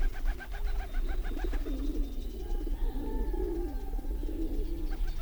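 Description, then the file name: Feral pigeon cooing in low, wavering notes over a steady low rumble of background noise. "Stadttaube karl-heinzfrommolt deutsches tierstimmenarchiv"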